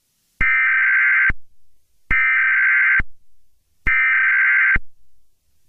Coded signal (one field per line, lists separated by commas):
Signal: Emergency Alert System (SAME) tones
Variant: header bursts